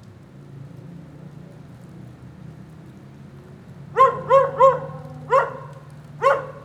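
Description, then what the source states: Dog: a quiet background for about four seconds, then five barks. Lone dog in the rain during a thunderstorm at 9a. Avenida 414, Quezaltenango, Guatemala; storm ambience.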